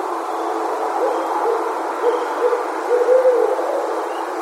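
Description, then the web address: Barred owl hooting: a series of low, muffled hoots heard under a steady broad hiss. 8 January 2012. "Barred Owl 2012 01 08"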